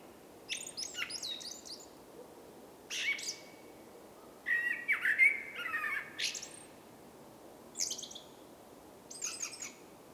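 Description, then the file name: Common blackbird song: scratchy high twitters, then a rich warbled whistle phrase midway, then more squeaky high bursts. "Turdus merula"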